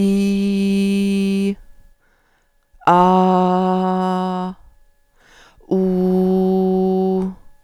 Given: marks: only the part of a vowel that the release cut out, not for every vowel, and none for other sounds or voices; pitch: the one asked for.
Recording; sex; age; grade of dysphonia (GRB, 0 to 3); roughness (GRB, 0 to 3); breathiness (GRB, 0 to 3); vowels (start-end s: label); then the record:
sustained vowels; female; 50 to 59 years; 2; 2; 1
0.00-1.45 s: vowel /i/, normal pitch
3.06-4.20 s: vowel /a/, normal pitch
5.79-7.16 s: vowel /u/, normal pitch
From the record:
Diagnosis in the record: psychogenic dysphonia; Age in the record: 55 years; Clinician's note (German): Funktionelle Komponente